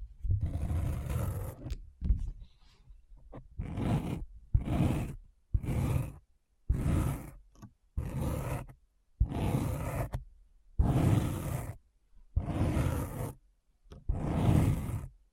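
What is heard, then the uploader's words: Deep, rough scratching strokes come in separate bursts about once a second, each a heavy rasping swipe with short silences between them. ASMR Deep Brain Scratch (No Talking).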